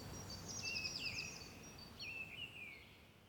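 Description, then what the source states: Bird chirps, a thin twittering phrase followed by a lower whistled note, against quiet background noise. Bird ambience recorded at Rue du Rossignol, Seneffe, Belgium, with a Sony PCM-D100 using its internal microphones.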